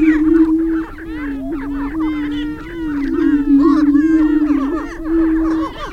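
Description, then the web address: Greater prairie chickens at a noisy chorus, low continuous booming mixed with dense overlapping cackles, yelps and squealing whoops throughout. "Gallinaceous Gr Prairie Chicken"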